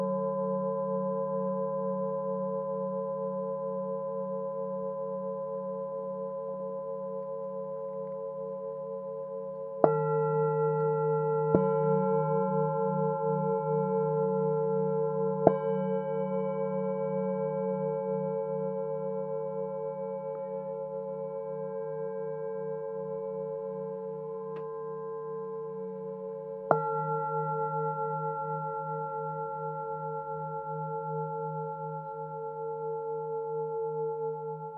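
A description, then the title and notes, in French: Tibetan singing bowls ring in long, steady overlapping tones, with a low wavering hum beneath clear higher notes. Fresh strikes land around 10, 11, 15 and 27 seconds, each adding a new bright tone that slowly fades into the ongoing drone. Bols tibétains.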